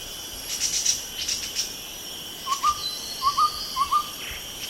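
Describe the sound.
Chestnut-rumped babbler calls: short notes in quick clusters, three clusters in the second half, over a steady high insect whine.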